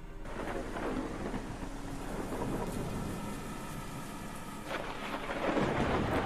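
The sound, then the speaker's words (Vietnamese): Heavy rain pours steadily while deep, rumbling thunder rolls through, swelling louder toward the end. No voices are heard. “Ngoài trời bắt đầu đổ mưa như chút nước, thi thoảng vang lên những tiếng sét đinh tai nhức óc.”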